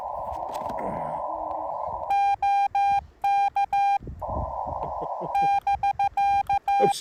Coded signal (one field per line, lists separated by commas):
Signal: Morse code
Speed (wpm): 15 wpm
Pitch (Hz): 2400 Hz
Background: none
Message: OK <BK>